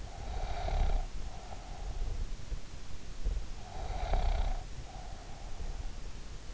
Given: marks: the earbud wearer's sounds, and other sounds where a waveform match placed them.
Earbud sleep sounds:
sounds in sleep by an in-ear microphone; breath
0.00-2.49 s: breath
3.55-5.88 s: breath

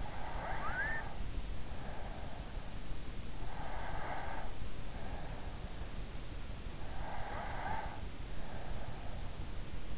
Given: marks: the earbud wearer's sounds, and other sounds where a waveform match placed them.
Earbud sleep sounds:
sounds in sleep by an in-ear microphone; snoring breath
0.00-2.91 s: snoring breath
3.19-5.25 s: snoring breath
7.14-8.45 s: snoring breath

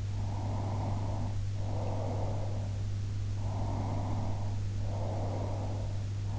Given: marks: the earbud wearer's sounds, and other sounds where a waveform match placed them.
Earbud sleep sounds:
sounds in sleep by an in-ear microphone; breath
0.26-2.85 s: breath
3.52-6.07 s: breath

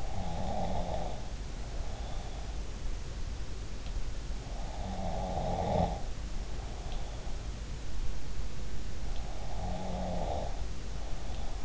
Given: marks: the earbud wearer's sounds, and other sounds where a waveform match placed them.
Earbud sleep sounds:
sounds in sleep by an in-ear microphone; snoring breath
0.00-2.40 s: snoring breath
4.58-7.27 s: snoring breath
9.11-11.65 s: snoring breath

